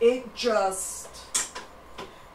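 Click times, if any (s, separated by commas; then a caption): 1.6 s, 2.0 s. An embroidery hoop is mounted onto the embroidery arm of a Janome Memory Craft 9850 sewing machine while someone talks. Two short clicks at 1.6 s and 2.0 s mark the hoop going in and locking in place.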